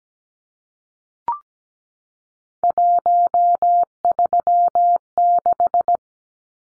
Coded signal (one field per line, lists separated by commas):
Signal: Morse code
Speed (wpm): 17 wpm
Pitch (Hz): 700 Hz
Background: none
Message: 136